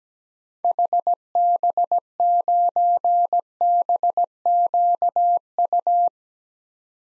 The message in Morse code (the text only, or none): HB9BQU